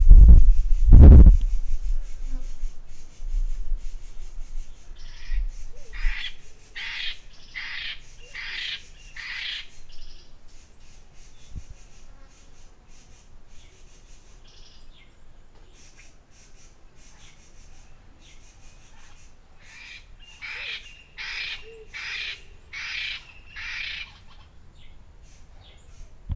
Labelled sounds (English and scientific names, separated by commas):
Clapperton's Francolin (Pternistis clappertoni)